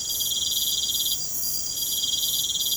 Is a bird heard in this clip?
no